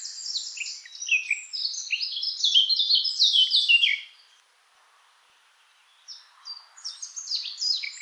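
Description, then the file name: Eurasian blackcap song: a busy, chattering warble for about four seconds, then near silence for two seconds before another burst of quick high notes resumes. "Sylvia atricapilla"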